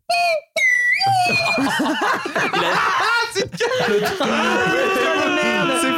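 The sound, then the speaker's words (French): A voice imitates a train passing in the distance: sustained, whistle-like tones that rise and fall over several seconds, mixed with breathy, laughter-like vocal bursts after a brief opening pause. “Au loin, mais vraiment au loin, vous entendez un train qui passe.”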